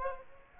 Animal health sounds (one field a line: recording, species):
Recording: mosquito wingbeat signal from an infrared sensor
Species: Aedes aegypti